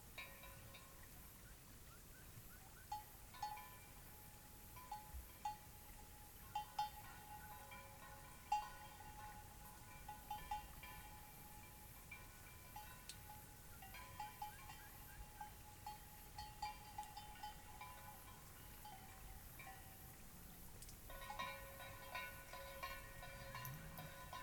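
A cloudy night beside Taylor Lake, with a soft steady hush underneath. Thin, bright chirps or peeps repeat at a fairly regular pace throughout, mostly faint with a few sharper ones. Near the end a higher, denser tone layer joins in.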